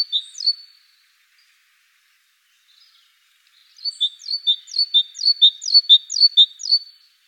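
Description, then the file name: Great tit song: a clear high two-note motif, a pause, then several quick ringing repetitions of the same phrase. Recorded in the Netherlands. "mesange charbonniere hollande"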